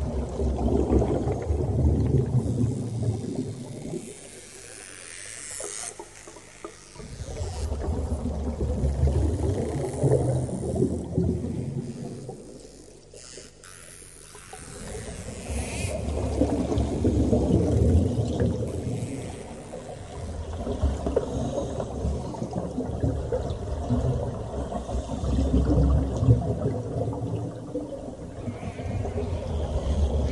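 Deep, rolling swells of water surge and recede in slow waves about every eight seconds, with low rumbling washes and brief quieter lulls between.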